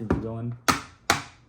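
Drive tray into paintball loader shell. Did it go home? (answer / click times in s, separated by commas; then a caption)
yes / 1.1 s. Someone talks while a new plastic drive tray for a paintball loader is pushed into an older loader's plastic shell. A sharp broadband transient at about 0.7 s precedes a louder, sharp snap at 1.1 s as the tray seats in place.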